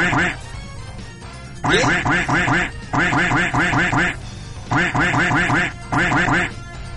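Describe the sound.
A voice imitates a duck, letting out loud, nasal quacks in rapid bursts, four quick runs separated by short pauses, with no other talking.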